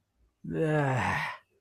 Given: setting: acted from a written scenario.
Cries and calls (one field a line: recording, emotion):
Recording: vocal sound without words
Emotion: contempt